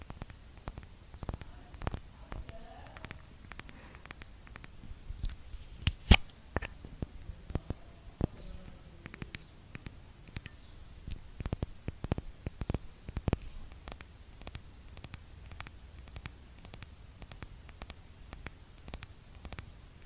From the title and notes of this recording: Skincare product tapping. Blue yeti microphone.